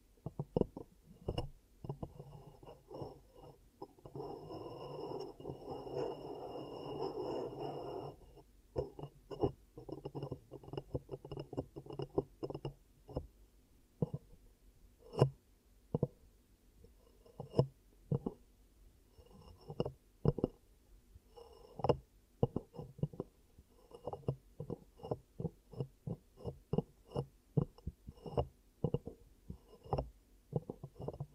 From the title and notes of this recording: ASMR 10 Ear Cupping Triggers for Deep Sleep & Relaxation (No Talking).